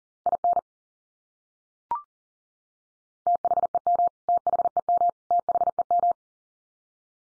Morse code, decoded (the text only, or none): IN THEM THEM THEM